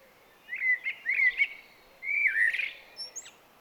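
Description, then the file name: Eurasian blackbird song: two bursts of rich fluted warbling, the second ending with a scratchy, high-pitched twitter and a thin squeak. "Turdus merula"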